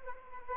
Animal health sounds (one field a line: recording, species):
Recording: mosquito wingbeat signal from an infrared sensor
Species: Anopheles arabiensis